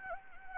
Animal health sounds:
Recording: mosquito wingbeat signal from an infrared sensor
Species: Anopheles gambiae

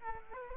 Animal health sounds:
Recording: mosquito wingbeat signal from an infrared sensor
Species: Aedes aegypti

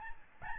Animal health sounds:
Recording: mosquito wingbeat signal from an infrared sensor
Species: Aedes albopictus

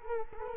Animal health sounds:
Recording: mosquito wingbeat signal from an infrared sensor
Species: Culex quinquefasciatus

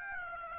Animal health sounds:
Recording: mosquito wingbeat signal from an infrared sensor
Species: Aedes aegypti

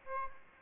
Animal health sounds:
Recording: mosquito wingbeat signal from an infrared sensor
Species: Aedes aegypti

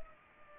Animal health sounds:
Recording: mosquito wingbeat signal from an infrared sensor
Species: Culex pipiens

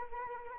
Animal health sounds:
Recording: mosquito wingbeat signal from an infrared sensor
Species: Anopheles arabiensis

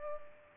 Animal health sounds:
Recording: mosquito wingbeat signal from an infrared sensor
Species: Culex pipiens

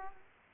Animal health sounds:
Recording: mosquito wingbeat signal from an infrared sensor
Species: Aedes aegypti

